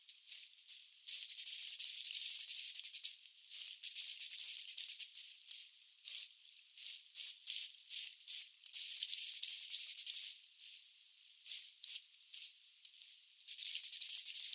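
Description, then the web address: Sinai rosefinch calling with sharp, high single notes at uneven intervals and bursts of fast, buzzy trills. "Schulze Peter Sinai Rosefinch calls"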